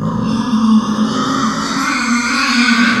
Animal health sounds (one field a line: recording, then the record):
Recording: squeal of a Yucatan mini pig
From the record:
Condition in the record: after surgery on the right vocal fold (resection and tissue-engineered implant)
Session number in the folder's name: 14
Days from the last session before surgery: 133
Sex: female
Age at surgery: 19 weeks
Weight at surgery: 25 kg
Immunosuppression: prednisolone